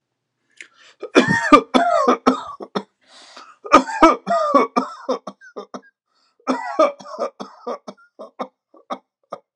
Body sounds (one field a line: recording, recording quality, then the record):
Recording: heavy voluntary cough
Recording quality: excellent, no background noise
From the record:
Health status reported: exposed to COVID-19, no respiratory illness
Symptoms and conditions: hypertension, diabetes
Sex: male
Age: 49 years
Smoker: not ticked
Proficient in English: yes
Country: United States